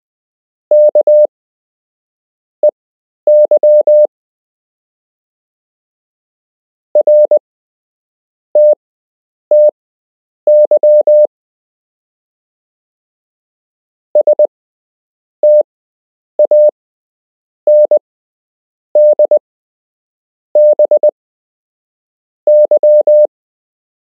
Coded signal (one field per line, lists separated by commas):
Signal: Morse code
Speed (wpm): 20 wpm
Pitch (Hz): 600 Hz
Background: none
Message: KEY RTTY STANDBY